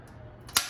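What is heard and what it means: A metal over-center latch joining the stacked metal sections of a ProQ bullet smoker is flipped over and pushed down. After quiet handling and a faint tick at 0.5 s, it snaps shut with a sharp, bright click at 0.6 s. The latch locks in place.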